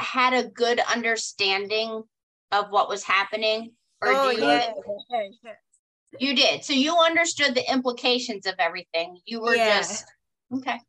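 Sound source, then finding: Adult woman speaking. No speech disorder.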